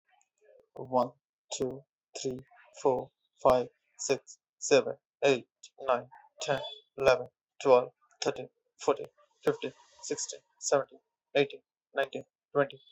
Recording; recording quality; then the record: counting at a normal pace; excellent, no background noise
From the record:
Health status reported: healthy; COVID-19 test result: negative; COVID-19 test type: RT-PCR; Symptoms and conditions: cold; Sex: male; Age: 29 years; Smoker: no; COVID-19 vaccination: one dose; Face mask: not worn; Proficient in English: yes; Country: India